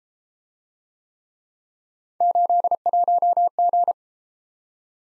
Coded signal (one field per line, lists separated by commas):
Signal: Morse code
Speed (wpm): 31 wpm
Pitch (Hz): 700 Hz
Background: none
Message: 81G